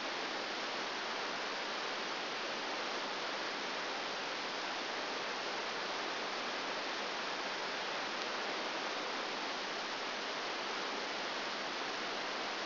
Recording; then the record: brain microelectrode recording played as sound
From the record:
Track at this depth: outside the subthalamic nucleus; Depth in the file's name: 0.006 mm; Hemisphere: left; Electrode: 2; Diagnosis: Parkinson's disease